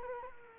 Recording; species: mosquito wingbeat signal from an infrared sensor; Culex quinquefasciatus